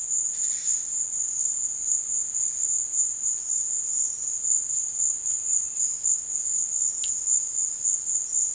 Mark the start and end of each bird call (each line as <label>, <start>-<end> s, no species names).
bird call, 0.37-0.84 s